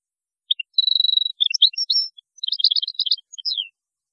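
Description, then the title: European goldfinch song: a nasal buzzy trill leading into a bright tumbling twitter of rapid repeated notes, ending with a falling slurred call. "Chant Chardonneret"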